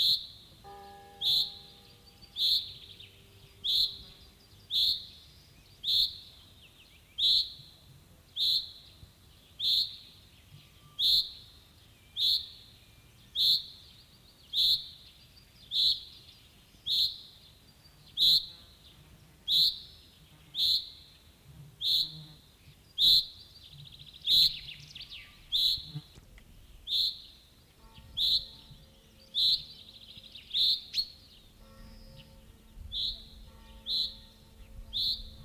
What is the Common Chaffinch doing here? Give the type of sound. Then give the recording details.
call. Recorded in the wild. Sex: male. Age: adult. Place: Schloß Holte-Stukenbrock, Senne, Nordrhein-Westfalen, DE. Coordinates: 51.8703, 8.67111. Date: 1964-06-07. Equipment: Uher 4000 Report-S, Bändchenmikro Beyer M 260, Parabolspiegel Polyester (470 mm). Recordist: Conrads, Klaus